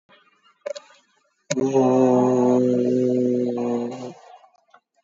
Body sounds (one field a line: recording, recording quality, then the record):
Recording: sustained vowel as in boot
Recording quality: moderate, slight background noise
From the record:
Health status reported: exposed to COVID-19, no respiratory illness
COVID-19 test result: negative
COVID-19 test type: RT-PCR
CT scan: taken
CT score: 2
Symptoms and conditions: cough, cold, diabetes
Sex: male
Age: 46 years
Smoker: no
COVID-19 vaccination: one dose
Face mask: worn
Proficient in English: yes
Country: India